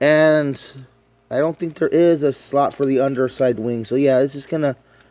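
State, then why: Not seated. Someone talks while handling a Transformers Thrilling 30th Voyager Blitzwing toy, working its plastic hip section back toward the figure's body after the plastic wings have been reattached with a tab into a slot. The clip is mostly speech with a faint short sound near the end, and nothing has seated or clicked yet.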